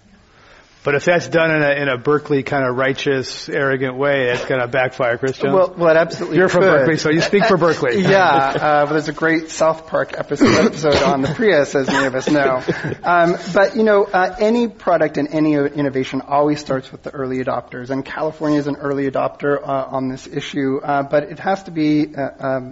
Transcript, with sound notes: But if that's done in a Berkeley kind of righteous, arrogant way, it's gonna backfire. Chris Jones?
Well, absolutely --
You're from Berkeley so you speak for Berkeley (laughter)
Yeah. Well, there's a great South Park episode on the Prius as any of us know. But you know, any product and any innovation always starts with the early adopters, and California is an early adopter on this issue. But it has to be,